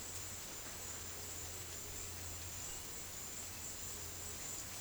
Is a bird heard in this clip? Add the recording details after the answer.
no. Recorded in dense forest near Puerto Asís, Putumayo, Colombia, on 21 February 2024 at 15:00. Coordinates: 0.505, -76.324. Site G6467